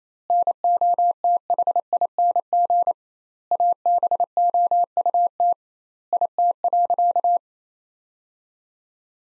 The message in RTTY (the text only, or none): none